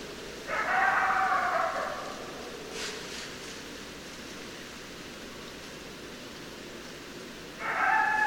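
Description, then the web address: Coyote howl with a harmonic tone, then a quiet gap with a few faint clicks, and another howl starting at the end over hiss. Recorded 10 December 2012; more than one coyote. "sounds mammals Coyote 2012 12 10 Coyotes"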